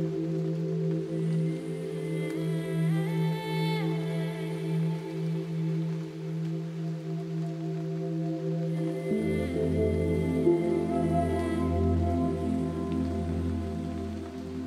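Ambient music of sustained, humming drones held at a steady loudness. Faint gliding tones rise and fall above the drone around four seconds. At about nine seconds the chord changes and a deeper bass tone enters, continuing to the end.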